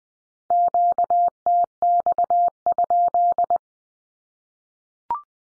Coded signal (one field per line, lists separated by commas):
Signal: Morse code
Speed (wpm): 20 wpm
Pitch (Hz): 700 Hz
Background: none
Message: QTX?